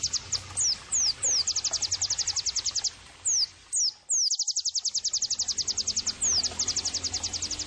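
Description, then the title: White-eye singing bursts of very rapid, high trills broken by sharp swooping whistles, with a short pause in the middle. Pleci singing actively (gacor); therapy and bird-training (masteran) audio. "Pleci Gacor. terapi pleci dextro 87 plus masteran kenari sahdu OmAcuz Dextro87 channel"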